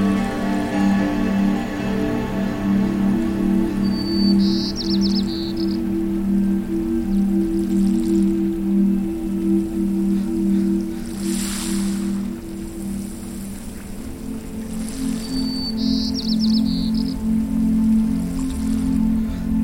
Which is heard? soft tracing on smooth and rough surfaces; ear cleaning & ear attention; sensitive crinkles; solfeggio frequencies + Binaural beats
solfeggio frequencies + Binaural beats